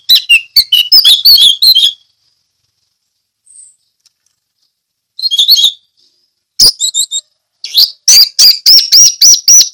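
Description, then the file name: Orange-headed thrush singing loud, varied whistled and chattering phrases: a two-second burst, a pause, a short burst, then rapid repeated high notes toward the end. Song in the ngeplong style. "anis merah ngeplong"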